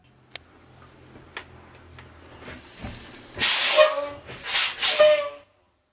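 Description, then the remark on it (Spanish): A bus pulls in with a low, steady engine rumble and a few sharp clicks, then loud bursts of air-brake hiss with short high squeals before it goes quiet. “Dale gato, bajemos al cole que ya llegamos.”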